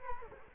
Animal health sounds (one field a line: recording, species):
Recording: mosquito wingbeat signal from an infrared sensor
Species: Culex quinquefasciatus